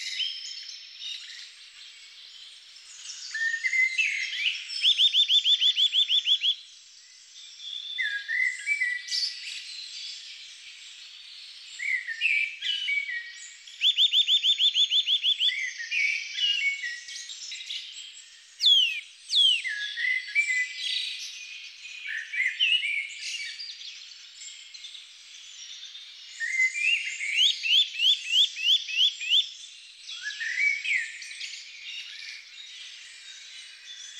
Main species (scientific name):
Sitta europaea